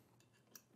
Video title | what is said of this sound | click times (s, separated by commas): etrailer - Comprehensive Review: Ultimate Trailer Jack | then we'll get it lined up with the hole it clicks into place | 0.6 s